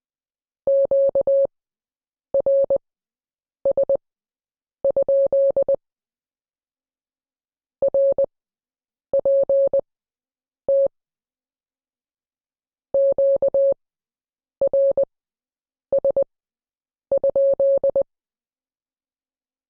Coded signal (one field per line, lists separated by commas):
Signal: Morse code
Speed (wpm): 20 wpm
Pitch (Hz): 550 Hz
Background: none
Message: QRS? RPT QRS?